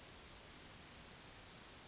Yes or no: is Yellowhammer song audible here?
no